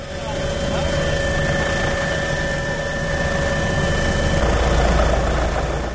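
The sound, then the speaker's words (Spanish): A steady, loud mechanical drone of a Guardia Civil helicopter in flight during the volcanic eruption on El Hierro, working with scientists of the Canary Islands Volcanological Institute, with a continuous low rumble and sustained whining tones layered above, holding constant for several seconds. “En muchas ocasiones, al mando de este helicóptero que escuchamos”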